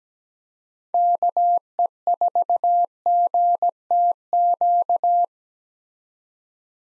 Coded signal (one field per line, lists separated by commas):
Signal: Morse code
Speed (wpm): 17 wpm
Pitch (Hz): 700 Hz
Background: none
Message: KE4GTQ